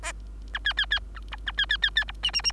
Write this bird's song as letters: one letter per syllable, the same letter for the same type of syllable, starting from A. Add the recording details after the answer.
A B B B A C A B B B B C D D D. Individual Bird3